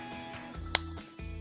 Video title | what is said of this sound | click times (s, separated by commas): Remplacement Batterie Nexus 7 édition 2013 | Et puis d'un côté, en appuyant, je l'ai reclipsé d'un côté, | 0.8 s